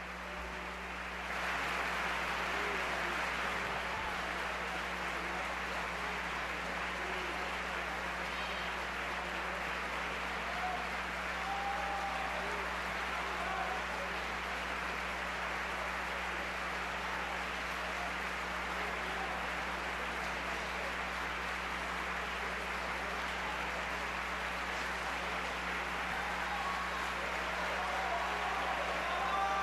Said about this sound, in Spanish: Pues sí, aplausos. El público madrileño, tan difícil de echárselo a la bolsa, ha quedado rendido ante la voz del príncipe de tenores, Javier Camarena. Eso sucedía en el 2014.